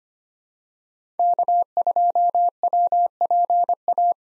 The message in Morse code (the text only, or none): K2WPA